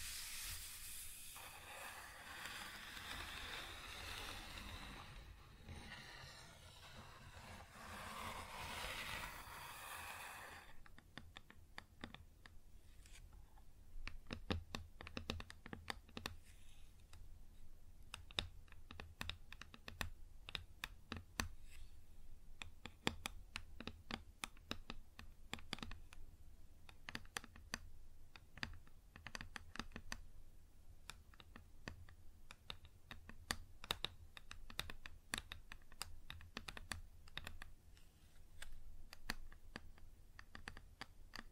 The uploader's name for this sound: Wood Surface Tapping & Scratching